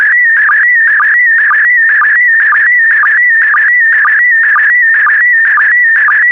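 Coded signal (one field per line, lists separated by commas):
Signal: SSTV (slow-scan television)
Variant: PD120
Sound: warbling tone near 2 kHz with a short low blip about twice a second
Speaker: get ready starting transmission in 5 4 3 2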